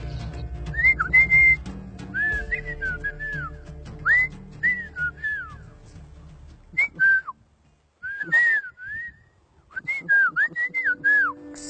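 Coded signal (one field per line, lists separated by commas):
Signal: whistled language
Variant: Mazatec whistled speech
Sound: short gliding whistled phrases rising and falling in pitch, like spoken syllables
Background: low hum, room noise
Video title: Lenguaje Silbado Mazateco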